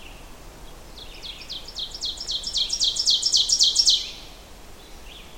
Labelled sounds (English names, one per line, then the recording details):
Ovenbird song
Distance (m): 10 m
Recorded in boreal forest in Alberta, Canada, on 14 June 2016 at 08:25
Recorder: SongMeter 3, array SBT-3-33
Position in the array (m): 108 m, 136 m
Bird 21